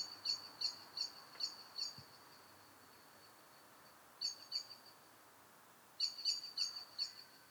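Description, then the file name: Eurasian blackbird giving bursts of sharp ticking notes separated by pauses, with faint background noise and one low knock. "Turdus merula"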